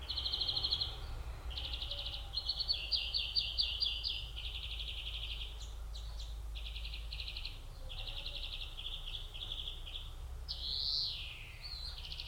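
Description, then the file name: European greenfinch singing chains of rapid trilled notes and rattles, then a drawn-out downslurred wheeze near the end, with noticeable low-frequency background noise. "Chloris chloris"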